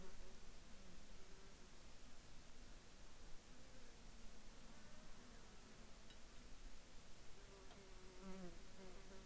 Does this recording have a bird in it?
no